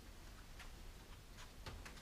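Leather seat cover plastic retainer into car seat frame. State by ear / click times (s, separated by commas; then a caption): seated / 1.7 s, 1.9 s. A plastic retainer on a leather seat cover for a Ford Ranger Wildtrak, stretched into position first, is pushed home onto the car seat frame with minimal effort. Over a steady low background hiss, two faint, short clicks are heard at 1.7 s and 1.9 s. The retainer has clicked in and is seated.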